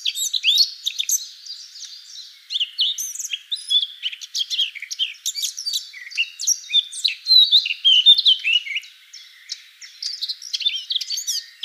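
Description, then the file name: Eurasian blackcap song: a fast, varied warble of chirps, squeaky notes and short whistled slurs, run together almost nonstop with brief pauses near two and nine seconds. "Sylvia atricapilla"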